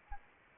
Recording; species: mosquito wingbeat signal from an infrared sensor; Anopheles arabiensis